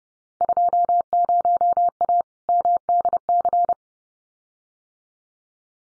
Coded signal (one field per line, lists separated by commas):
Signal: Morse code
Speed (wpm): 30 wpm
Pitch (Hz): 700 Hz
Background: none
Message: 20A MDC